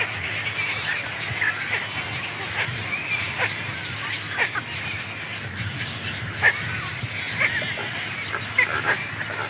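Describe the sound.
Brown Pelican harsh calls, grating squawks and short croaks from several birds, with sharp louder notes popping out irregularly above a busy background chorus.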